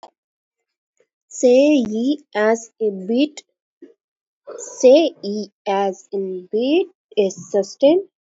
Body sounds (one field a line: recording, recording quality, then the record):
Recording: sustained vowel as in beet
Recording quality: poor, much background noise or distortion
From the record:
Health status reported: exposed to COVID-19, no respiratory illness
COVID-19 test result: negative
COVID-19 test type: RT-PCR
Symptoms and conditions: cough, cold, sore throat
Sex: female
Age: 32 years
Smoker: no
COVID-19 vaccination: both doses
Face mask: worn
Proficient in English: yes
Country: India